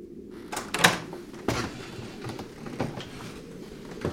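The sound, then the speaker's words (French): A door being locked: a handful of sharp metallic clicks and clunks at uneven intervals, moderately loud over a low background rumble, with no voices. “Trop hébété pour être curieux moi-même, je verrouillais ma porte et cherchais le lit des yeux autour de moi.”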